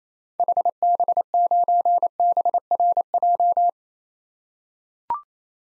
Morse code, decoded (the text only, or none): HB9BRJ